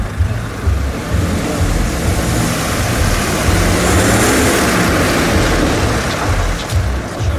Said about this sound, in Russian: садятся в машину, уезжают.